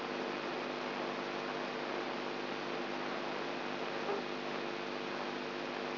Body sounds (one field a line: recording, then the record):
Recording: brain microelectrode recording played as sound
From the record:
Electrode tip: inside the subthalamic nucleus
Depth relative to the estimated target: 1 mm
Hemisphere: right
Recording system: AlphaMap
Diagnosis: Parkinson's disease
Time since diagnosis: 13 years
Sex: female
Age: 63 years